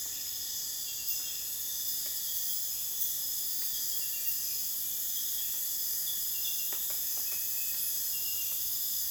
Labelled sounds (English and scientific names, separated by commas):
none